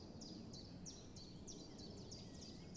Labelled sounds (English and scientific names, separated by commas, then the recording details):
Common Chiffchaff (Phylloscopus collybita)
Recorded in Germany
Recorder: ecoPi